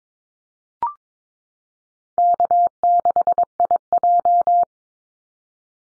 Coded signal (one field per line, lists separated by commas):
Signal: Morse code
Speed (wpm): 22 wpm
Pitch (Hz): 700 Hz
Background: none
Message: K6IJ